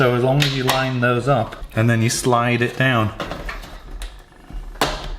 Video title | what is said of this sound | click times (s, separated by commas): Dryer NOT Getting Hot? // How to FIX a Tumble Dryer that is Not Heating Up! | I think you probably heard that click into place, and it just holds itself in place now. | 4.8 s